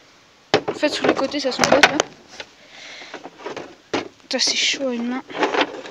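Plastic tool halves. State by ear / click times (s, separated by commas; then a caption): not seated / none. The top half of a two-part boilie rolling table is fitted onto its bottom half while someone talks, with a few brief handling knocks between the words. The clip ends before the halves go home, and nothing has seated or clicked yet.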